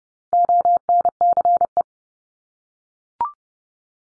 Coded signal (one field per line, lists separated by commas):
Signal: Morse code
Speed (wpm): 30 wpm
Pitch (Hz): 700 Hz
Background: none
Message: ONCE